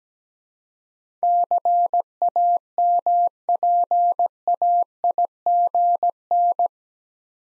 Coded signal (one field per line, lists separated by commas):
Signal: Morse code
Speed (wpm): 17 wpm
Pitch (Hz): 700 Hz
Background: none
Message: CAMPAIGN